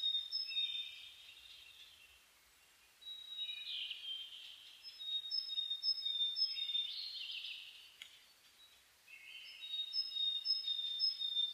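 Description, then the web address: Several birds singing in a dawn chorus, high thin whistles and chattering phrases overlapping, with short pauses between bursts of song. Dawn chorus (reimei) of chirping birds (saezuri), 10 May 2010. "reimei -saezuri-20100510-0401"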